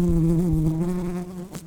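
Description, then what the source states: Red-tailed bumblebee buzz: a steady low droning hum with rich overtones, slightly wavering in pitch, fading near the end. Workers.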